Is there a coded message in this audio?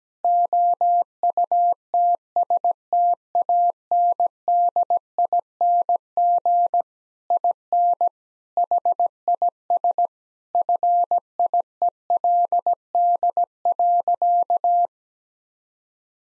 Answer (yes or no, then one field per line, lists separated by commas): yes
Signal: Morse code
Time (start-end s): 0.2-14.9 s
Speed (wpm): 17 wpm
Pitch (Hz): 700 Hz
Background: none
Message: OUTSTANDING IN HIS FIELD.